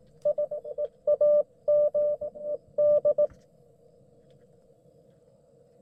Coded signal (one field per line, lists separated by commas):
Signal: Morse code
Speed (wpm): 20 wpm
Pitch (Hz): 600 Hz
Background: none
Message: I AM D